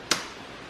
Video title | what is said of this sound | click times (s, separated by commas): Toyota Tacoma TRD Off Road 2020 Gets a TRD Cold Air Intake | you guys can probably hear it click that's it | 0.1 s